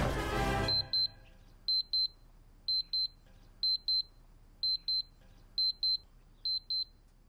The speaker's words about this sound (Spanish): Si sueñas con Star Wars, este es tu despertador.